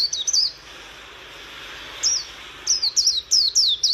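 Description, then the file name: White-eye twittering song: quick, high, thin chirps and sliding notes in short bursts at the start, then a livelier run of rapid twitters over the last two seconds. "Zosterops"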